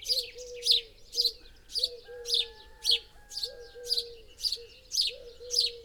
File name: Passer domesticus